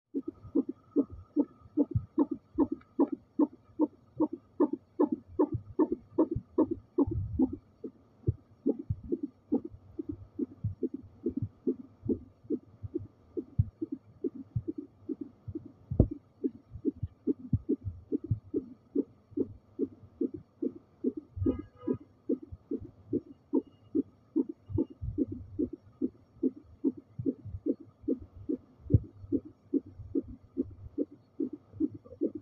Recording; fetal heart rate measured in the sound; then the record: fetal heartbeat by stethoscope microphone, probably a fetal Doppler's sound; 145 bpm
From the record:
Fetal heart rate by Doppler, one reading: 145 bpm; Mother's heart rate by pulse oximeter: 118 bpm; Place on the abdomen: lower left side of abdomen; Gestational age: 38+ weeks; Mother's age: 18 years